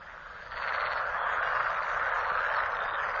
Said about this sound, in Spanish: El croar de las ranas macho resuena por toda la zona. En inmensas cantidades han comenzado a aparearse.